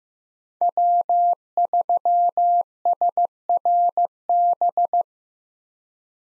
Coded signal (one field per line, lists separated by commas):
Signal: Morse code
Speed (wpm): 16 wpm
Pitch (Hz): 700 Hz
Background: none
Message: W3SRB